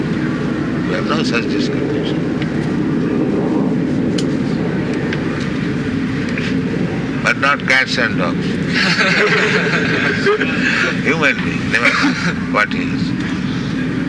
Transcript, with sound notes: We have no such discrimination. But not cats and dogs. [laughter] Human being. Never mind what he is.